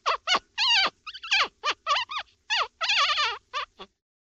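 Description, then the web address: Dog yelping barks, high and wavering in pitch, given in quick irregular bursts with short pauses between them. "собаки"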